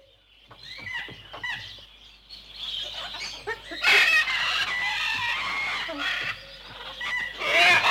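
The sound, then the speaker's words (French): A busy chorus of birds calling, with sharp high chirps at first, then louder overlapping squawks and clucking cries that swell from the middle onward, with no voices. “Il y a des oiseaux bleus et un lion jaune.”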